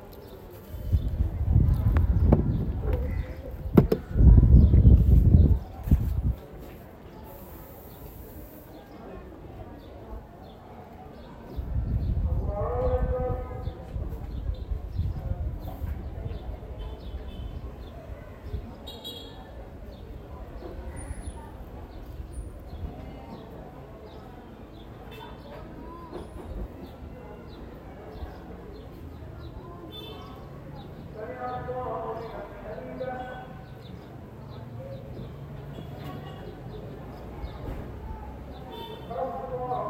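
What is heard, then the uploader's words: An open-air rooftop scene with voices talking and birds calling and cooing around it. A loud, low rumble dominates the first six seconds, like a passing engine, and another swell returns around twelve to fifteen seconds before the scene settles into steadier chatter and bird calls. Sounds of Zanzibar. Experience the sounds from the rooftop of the Zanzibar Coffee House.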